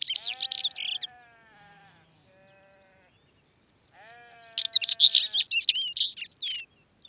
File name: Tapuit Oenanthe oenanthe